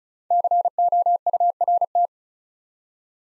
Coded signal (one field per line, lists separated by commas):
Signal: Morse code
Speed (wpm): 36 wpm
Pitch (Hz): 700 Hz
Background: none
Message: COURT